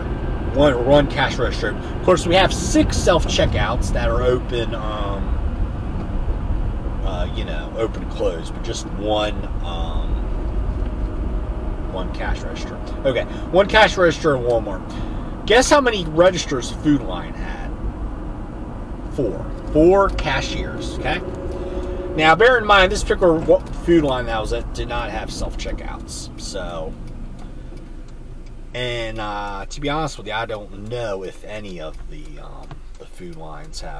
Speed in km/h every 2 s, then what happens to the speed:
81, 77, 69, 66, 63, 63, 63, 63, 56, 55, 55, 52, 37, 6, 0, 0, 0.
0-28 slows to 0. 28-34 standing.